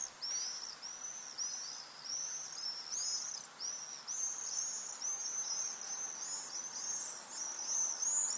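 Swift calls, high thin screams repeated rapidly in overlapping series, several birds calling at once without pause.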